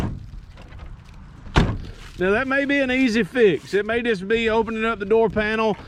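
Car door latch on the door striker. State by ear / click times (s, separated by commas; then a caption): not seated / none. The steel door of a 1965 Mercury Montclair is swung shut against the body, giving a loud thud at about 1.6 s, but the car door latch fails to catch on the door striker. Nothing has latched or clicked, and the door is not latching. Someone talks after the thud.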